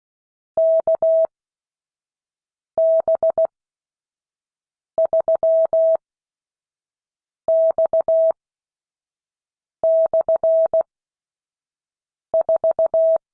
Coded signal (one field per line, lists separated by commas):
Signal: Morse code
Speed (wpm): 16 wpm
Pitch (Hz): 650 Hz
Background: none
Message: KB3X/4